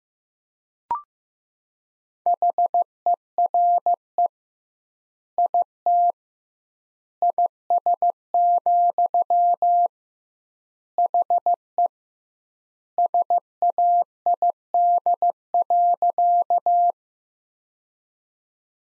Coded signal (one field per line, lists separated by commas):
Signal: Morse code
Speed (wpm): 15 wpm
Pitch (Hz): 700 Hz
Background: none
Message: HERE IT IS, HE SAID.